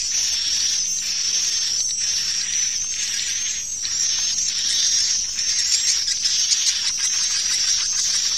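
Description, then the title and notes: Swiftlet twittering: a sustained shrill chatter with rougher chirp bursts. Swiftlet farming, Asia. "Swiflet Bird Sound. Farming Swiflet Bird asia sound"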